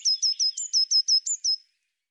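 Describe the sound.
Eurasian blue tit calling with nine quick, high, clipped notes, two of them slightly higher.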